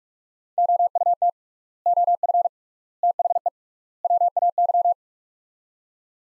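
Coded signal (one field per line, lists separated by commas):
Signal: Morse code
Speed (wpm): 44 wpm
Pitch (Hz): 700 Hz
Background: none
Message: OUT OF THE WAY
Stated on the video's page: Morse practice of four-word sets at 45 wpm with 3x word spacing, similar to Farnsworth, for head-copy.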